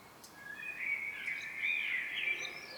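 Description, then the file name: Common blackbird giving one short, fluting phrase that wavers up and down before a faint high flourish. "Turdus merula"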